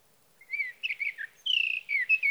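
Sage thrasher song, a few warbled slurred notes followed by a sustained buzzy trill and more quick whistled phrases.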